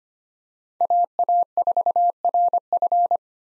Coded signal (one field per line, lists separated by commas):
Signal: Morse code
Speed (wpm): 25 wpm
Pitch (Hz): 700 Hz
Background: none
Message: AA4RF